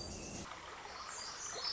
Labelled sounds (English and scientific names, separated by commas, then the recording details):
Pacific Wren (Troglodytes pacificus)
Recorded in Sonoma County, California